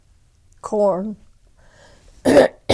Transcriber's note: she clears her throat